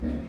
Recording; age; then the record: pig call; growing-finishing pig (85 days or more)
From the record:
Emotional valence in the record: negative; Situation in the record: barren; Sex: male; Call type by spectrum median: low-frequency call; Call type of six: low-frequency stable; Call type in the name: low-frequency stable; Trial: 2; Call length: 0.29 s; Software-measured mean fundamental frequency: 60 Hz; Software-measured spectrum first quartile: 103 Hz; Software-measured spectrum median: 217 Hz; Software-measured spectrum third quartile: 320 Hz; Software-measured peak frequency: 248 Hz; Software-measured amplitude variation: 112 dB a second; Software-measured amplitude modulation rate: 27.9 a second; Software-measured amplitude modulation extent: 4.0 dB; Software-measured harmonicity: -1.2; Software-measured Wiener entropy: -0.24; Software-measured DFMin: 1058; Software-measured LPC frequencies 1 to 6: 278, 1795, 2373, 3469, 4920, 5926 Hz